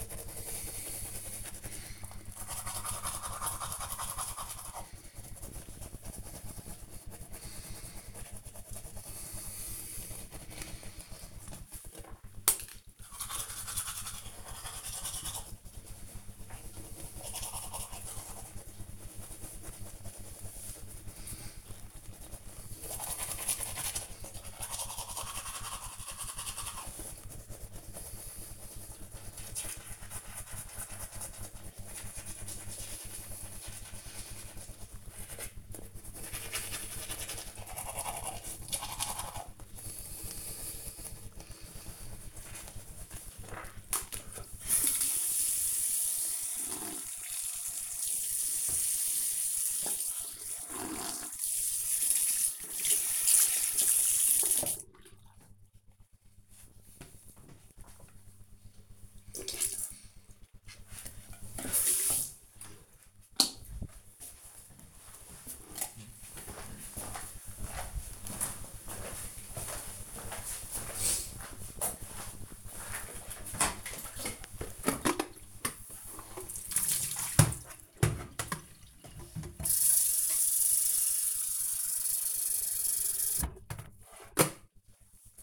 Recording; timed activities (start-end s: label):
household activities, microphone on the right wrist
0.00-60.81 s: brushing teeth
72.91-85.43 s: making tea